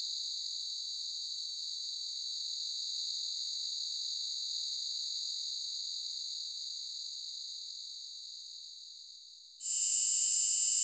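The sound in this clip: Cicada buzzing as one even, high, whining tone that slowly fades, then abruptly jumps to a louder, sharper buzz near the end.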